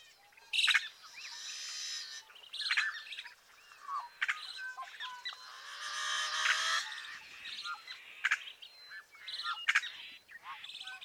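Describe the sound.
Yellow-headed Blackbird song: sharp clucks and short harsh notes, then a long grating buzz near the middle, with more rasping notes and clicks after it.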